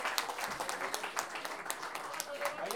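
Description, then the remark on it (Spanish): An audience at a payadores tournament applauds everyone after all the raffle numbers were sold: dense overlapping claps forming a continuous crackling wash at an even level throughout, with faint voices mixed in beneath. “Oye, un aplauso para todos porque hemos podido vender todos los números de la rifa.”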